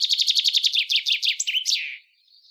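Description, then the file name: Common chaffinch song: evenly repeated bright notes, then a sharp terminal flourish, followed by a brief soft note. "Fringilla coelebs"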